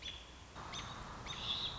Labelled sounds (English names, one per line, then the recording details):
American Robin
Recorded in Sonoma County, California